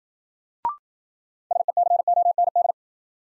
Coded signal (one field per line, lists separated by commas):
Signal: Morse code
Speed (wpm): 53 wpm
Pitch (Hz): 700 Hz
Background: none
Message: SECOND